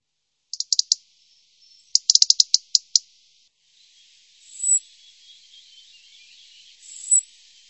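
Bird gives quick high clicking chips in two bursts, then fainter thin high notes follow over a quiet background.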